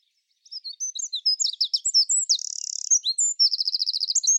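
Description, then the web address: Bird song, high twittering notes leading into a sustained buzzy trill, then a rapid run of repeated chirps; no other sounds. "Bird Only"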